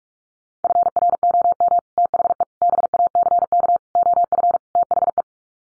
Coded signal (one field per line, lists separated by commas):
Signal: Morse code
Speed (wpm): 44 wpm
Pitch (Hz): 700 Hz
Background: none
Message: FROM THE BACK OF THE